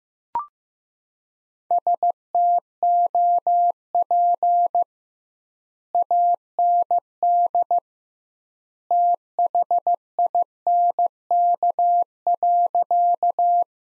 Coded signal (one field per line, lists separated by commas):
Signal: Morse code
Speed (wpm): 15 wpm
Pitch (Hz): 700 Hz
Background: none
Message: STOP AND THINK.